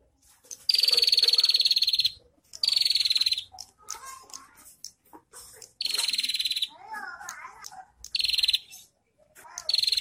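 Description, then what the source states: Prinia delivering repeated grating, rapidly pulsed trills of about half a second to one and a half seconds, with quieter chips and a short warble filling the gaps. Local name prenjak kepala merah; recording intended for training songbirds (masteran).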